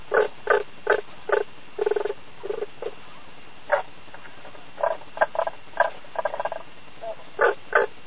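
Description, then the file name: Frog giving short, creaky croaks, sometimes in quick runs of two or three, separated by brief irregular pauses. "kaeru"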